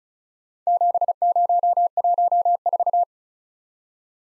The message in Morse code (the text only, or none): 7014